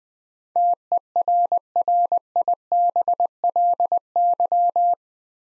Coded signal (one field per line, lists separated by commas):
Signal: Morse code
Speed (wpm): 20 wpm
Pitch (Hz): 700 Hz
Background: none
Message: TERRIBLY